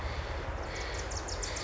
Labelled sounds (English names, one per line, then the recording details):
Wilson's Warbler
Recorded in Sonoma County, California